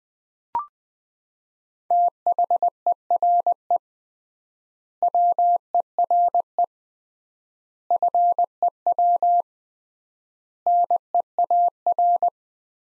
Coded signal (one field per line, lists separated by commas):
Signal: Morse code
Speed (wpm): 19 wpm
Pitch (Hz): 700 Hz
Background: none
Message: THERE WERE FEW NEAR